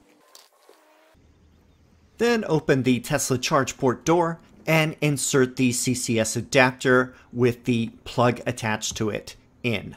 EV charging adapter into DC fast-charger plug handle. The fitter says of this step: insert the adapter into the plug handle and it will snap into place